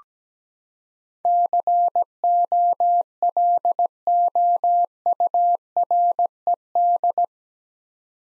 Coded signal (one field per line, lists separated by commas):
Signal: Morse code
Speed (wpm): 17 wpm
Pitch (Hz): 700 Hz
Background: none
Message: COLOURED